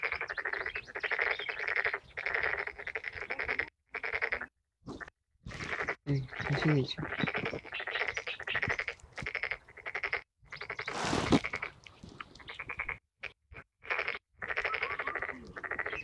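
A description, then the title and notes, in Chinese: Birds call along a riverbank in rapid, buzzy bursts, dense rattling trills repeated over and over with brief silent gaps between them. A sharper, brighter call cuts in around eleven seconds, and lower chattering notes surface near six to seven seconds. 沙河北岸鸟鸣记录。在沙河观鸟三小时，记录下多种鸟类的叫声和自然的声音，当然还有人声。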